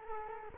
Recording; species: mosquito wingbeat signal from an infrared sensor; Culex quinquefasciatus